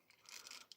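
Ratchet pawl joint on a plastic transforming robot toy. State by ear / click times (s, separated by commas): seated / 0.7 s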